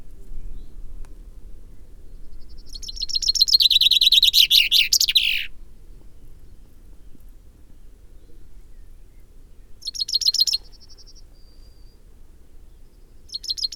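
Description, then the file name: Common Chaffinch song: one full descending trill with a terminal flourish, followed later by two short, sharp bursts of similar high notes. "Fringilla coelebs"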